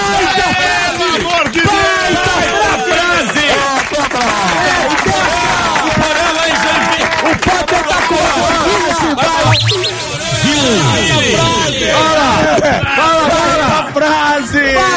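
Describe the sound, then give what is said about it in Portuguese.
A loud, continuous uproar of many people shouting over one another in a studio, overlapping voices rising and falling in pitch for the whole stretch, with no single speaker standing out. “Queria ouvir uma coisa que falaram de mim na gritaria aí.”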